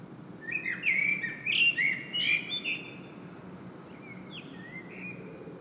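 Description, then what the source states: Common blackbird singing a rich fluted phrase ending in squeaky high notes, followed after a pause by a quieter, softer whistled phrase; faint low hum throughout. Singing in Saint-Gilles, Belgium; recorded with a Sony PCM-M10 internal microphone.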